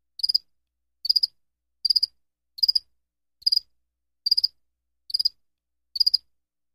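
Cricket giving regular pulsed chirps, about one every 0.8 seconds, high and clean against a silent background.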